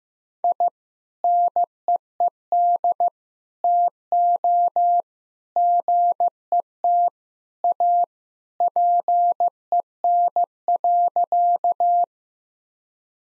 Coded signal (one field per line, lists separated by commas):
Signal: Morse code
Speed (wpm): 15 wpm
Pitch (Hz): 700 Hz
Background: none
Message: I NEED TO GET A PEN.